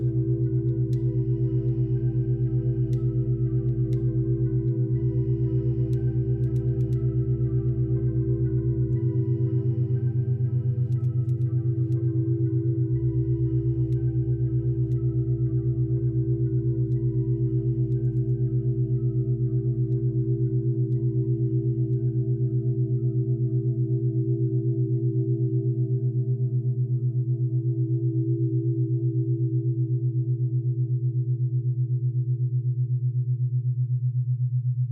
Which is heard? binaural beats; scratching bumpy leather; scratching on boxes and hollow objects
binaural beats